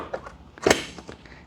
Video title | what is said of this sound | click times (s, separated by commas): Kawasaki Ninja 1100 SX XL Billet Luggage Rack for bikes "With Bags" Full Install | And then push down and you'll hear it click. | 0.7 s